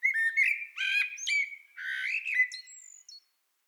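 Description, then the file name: Common blackbird singing a mellow, fluty warble of whistled notes, ending in a brief high squeaky flourish. "Turdus merula"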